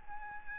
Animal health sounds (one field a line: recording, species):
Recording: mosquito wingbeat signal from an infrared sensor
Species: Aedes albopictus